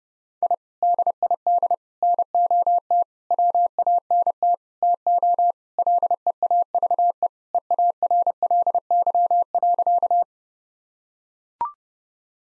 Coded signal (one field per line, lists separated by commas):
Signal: Morse code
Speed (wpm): 30 wpm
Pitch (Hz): 700 Hz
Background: none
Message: I DID NOT WANT TO LEAVE EARLY.